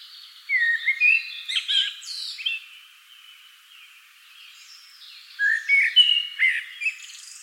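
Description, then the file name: Common blackbird song, two phrases of mellow whistles followed by scratchy high twitters, separated by a few seconds of quiet. "Turdus merula"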